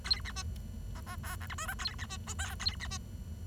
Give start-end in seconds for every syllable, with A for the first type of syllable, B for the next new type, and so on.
0.04-0.21 A, 0.25-0.32 B, 0.36-0.43 C, 0.95-1.00 D, 1.06-1.16 D, 1.23-1.36 E, 1.41-1.47 F, 1.50-1.55 G, 1.58-1.67 H, 1.68-1.74 I, 1.79-1.95 A, 1.99-2.06 B, 2.09-2.17 C, 2.27-2.34 J, 2.39-2.55 K, 2.60-2.76 A, 2.80-2.87 B, 2.90-2.97 C